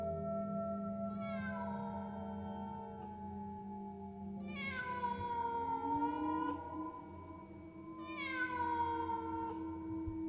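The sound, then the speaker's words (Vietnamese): A black cat by a pond, leaping aside to dodge a thrown pebble, gives three long, drawn-out meows with a mournful, wailing pitch that bends and falls, each cry separated by a brief pause, over a steady low hum. “Con mèo nhảy vọt sang né tránh, rồi kêu mấy tiếng ai oán, đoạn khuất sau lũy tre.”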